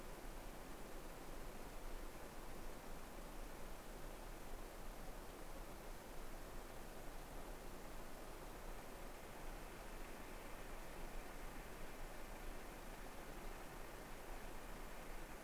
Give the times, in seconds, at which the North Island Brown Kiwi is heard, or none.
none